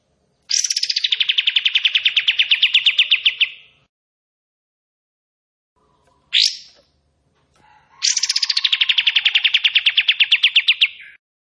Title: KAPAS TEMBAK GACOR TEMBAKAN DAN BESETAN PANJANG